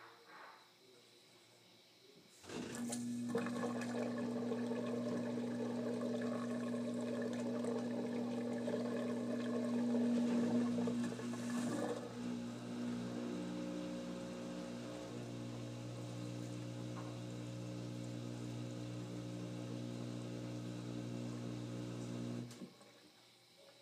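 A washing machine starts up at about two seconds with a sudden steady hum and a strong low whine that holds until around twelve seconds. The pitch then shifts into a rougher, watery churning drone, which continues evenly before stopping abruptly near twenty-two seconds.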